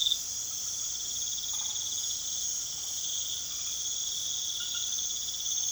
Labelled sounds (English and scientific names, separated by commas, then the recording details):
none
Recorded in pastures near Puerto Asís, Putumayo, Colombia, on 21 March 2025 at 23:00
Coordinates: 0.487, -76.322
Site G077